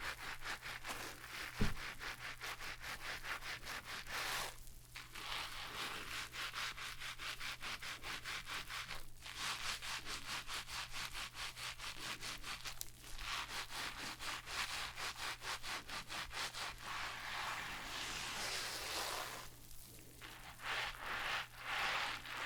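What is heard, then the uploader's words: Hair being shampooed and brushed: fast, steady scrubbing strokes in a dense, bright, rasping rhythm that runs nearly the whole time. The rubbing briefly eases around 5, 9, 13 and 19 seconds, with a sharp tap early on and a low, constant hum underneath. ASMR Relaxing Shampoo and Hair brushing for your insomnia ｜NO TALKING.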